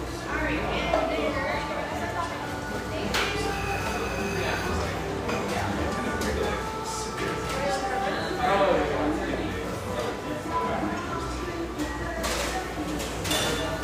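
Cafe chatter fills the whole stretch, a steady murmur of overlapping voices with no pauses. Sharp clinks and knocks of dishes break through often, clustered around three, eight and twelve seconds, over a constant low hum.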